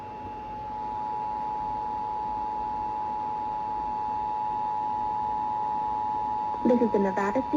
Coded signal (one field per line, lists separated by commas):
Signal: Emergency Alert System (SAME) tones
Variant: 853 and 960 Hz attention tone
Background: speech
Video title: EAS- Finally, A Proper Monthly! (6/25/25)